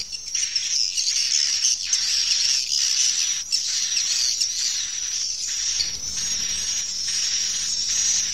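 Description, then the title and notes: Swiftlet calls forming a steady high-pitched twitter, broken by repeated louder chirp bursts. Swiftlet farming, Asia. "Swiflet Bird Sound. Farming Swiflet Bird asia sound"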